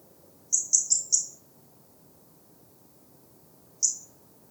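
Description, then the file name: European robin calling with thin, high-pitched notes: a rapid run of four short notes, then a long pause and one single note, with faint low rumble behind. "Erithacus rubecula"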